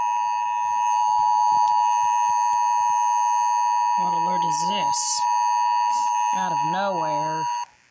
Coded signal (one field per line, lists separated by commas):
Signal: Emergency Alert System (SAME) tones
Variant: 853 and 960 Hz attention tone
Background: speech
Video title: HUH RWT OR RMT ON 98.7 EAS IDK